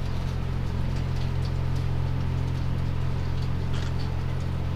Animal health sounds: poultry house recording; sick chickens (respiratory disease)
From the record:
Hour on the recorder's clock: 3

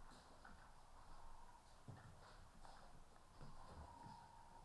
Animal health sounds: poultry house recording; healthy chickens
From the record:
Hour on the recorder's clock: 15

